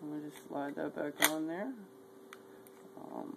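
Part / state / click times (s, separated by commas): slide onto pistol frame / seated / 2.3 s, 2.7 s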